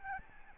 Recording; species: mosquito wingbeat signal from an infrared sensor; Aedes albopictus